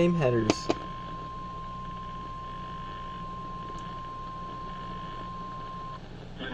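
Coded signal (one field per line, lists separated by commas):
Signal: Emergency Alert System (SAME) tones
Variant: 1050 Hz attention tone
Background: speech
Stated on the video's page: Flash flood warning carried on an AM broadcast station.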